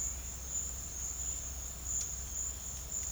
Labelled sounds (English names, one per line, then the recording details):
none
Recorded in pastures near Puerto Asís, Putumayo, Colombia, on 4 March 2025 at 10:00
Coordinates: 0.502, -76.324
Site GP07